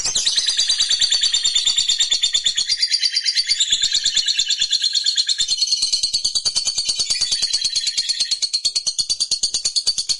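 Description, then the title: Lovebird singing nonstop, high scratchy twittering notes packed into a fast rhythmic chatter that barely varies over ten seconds. Fighter-type lovebird singing energetically (gacor). "SUARA Lovebird FIGHTER GACOR"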